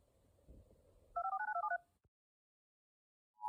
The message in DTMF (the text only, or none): 2549273